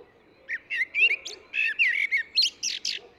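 Eurasian blackbird singing a run of rich, warbled notes that rises into thin, scratchy twitters at the close, over a quiet background.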